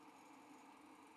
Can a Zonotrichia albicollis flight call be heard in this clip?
no